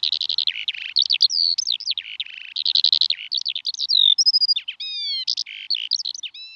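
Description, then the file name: Eurasian skylark song, fast varied twittering with buzzy notes, sliding whistles and short rattles, high-pitched and continuous. "alouette des champs"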